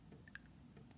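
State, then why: Seated. A teacher puts the plastic cap back on her dry-erase marker, pressing it onto the marker tip so it is good to go for next time. Two quick, bright clicks sound at 0.3 s and 0.4 s, the second sharper and louder, over a low steady background. The cap snaps on and is seated.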